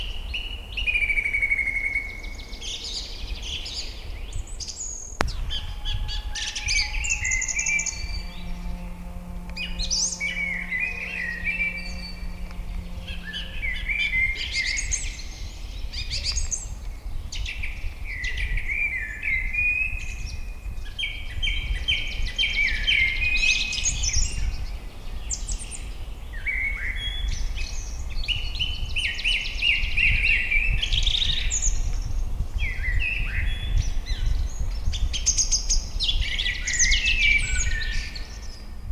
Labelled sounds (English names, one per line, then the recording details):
Song Thrush song
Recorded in the wild
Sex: male
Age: adult
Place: Ebrach, Bayern, DE
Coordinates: 49.8481, 10.4878
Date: 1962-04-17
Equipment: Stellavox SM 5, Original, Vollspur
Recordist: Tretzel, Erwin